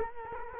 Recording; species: mosquito wingbeat signal from an infrared sensor; Culex quinquefasciatus